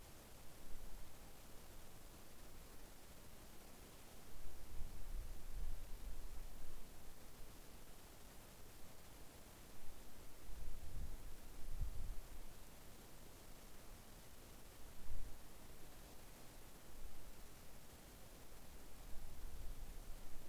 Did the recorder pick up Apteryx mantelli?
no